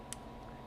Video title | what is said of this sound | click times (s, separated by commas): 2nd GEN Makita 40V XGT Recip Saw Review [GRJ02] | there it had a little click | 0.1 s